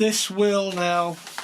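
Someone talks while handling a plastic part about to be pressed into the foam airframe of a Horizon Hobby 64mm twin A-10 Thunderbolt II RC jet model, with faint handling ticks near the end. The part has not seated or clicked yet.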